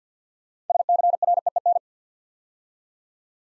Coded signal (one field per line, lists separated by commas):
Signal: Morse code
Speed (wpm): 47 wpm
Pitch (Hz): 700 Hz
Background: none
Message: SCREEN